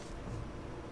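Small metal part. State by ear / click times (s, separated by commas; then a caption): not seated / none. A reversible magazine release is handled in a Beretta 92 pistol frame: the working side goes in first, and the other side is being thumbed in from the inside. Only a low, steady handling rumble is heard, with no distinct clicks. Nothing has seated or clicked yet.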